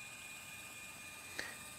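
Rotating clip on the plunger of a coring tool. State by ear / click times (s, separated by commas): seated / 1.4 s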